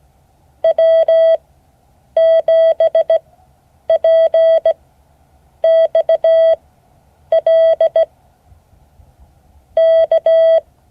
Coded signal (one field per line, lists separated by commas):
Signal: Morse code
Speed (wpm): 17 wpm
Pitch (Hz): 650 Hz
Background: none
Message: W7PXL K